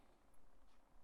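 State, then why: Not seated. A small plastic hood closure is handled at its shaped hole in the hood panel of a 1:8 scale Ford GT model car, ready to be twisted to lock the hood in. Only a steady, soft broadband hiss with faint low rumbling is heard, with no sharp sounds. Nothing has seated or clicked yet.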